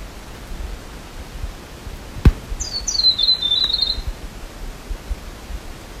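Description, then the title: Bird giving a single brief high call that slides downward, preceded by a sharp click, over a steady background hiss. A small bird in the jungle of Fiordland National Park, New Zealand. "丛林里的一只小小鸟 新西兰峡湾国家公园"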